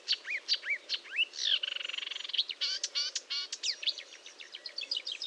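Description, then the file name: Marsh warbler song with slurred whistles, a harsh nasal buzz, then fast crackling trills and chattering varied notes. Fontaine-Française, Fourneau site, 1 June 2022 at 10:55; recorded with a Nagra recorder and Telinga microphone. "Rousserolle verderolle 1055 Fontaine-Francaise-Fourneau"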